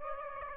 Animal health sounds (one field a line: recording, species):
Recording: mosquito wingbeat signal from an infrared sensor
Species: Aedes aegypti